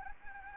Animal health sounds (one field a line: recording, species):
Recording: mosquito wingbeat signal from an infrared sensor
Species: Anopheles gambiae